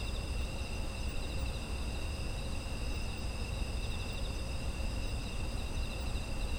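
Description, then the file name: Insects chirr continuously in overlapping high trills, one band faintly throbbing, while a low background rumble persists. Autumn insect ambience, presented as background sound. "秋の虫の環境音"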